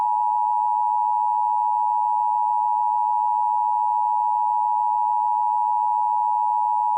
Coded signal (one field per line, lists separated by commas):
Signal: Emergency Alert System (SAME) tones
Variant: 853 and 960 Hz attention tone